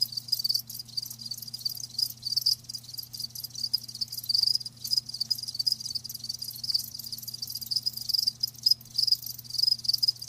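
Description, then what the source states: Many crickets chirp at once, a continuous high, pulsing trill with irregular louder bursts and a low background hum. Live crickets chirping, a lulling song.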